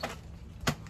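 The plastic tail piece of a Super Colossal Atrociraptor toy dinosaur is lined up with the body joint and pushed into its socket. After a soft tap near the start, a sharp plastic snap comes at 0.7 s, followed by a faint tick at 0.9 s. The tail is seated in the body.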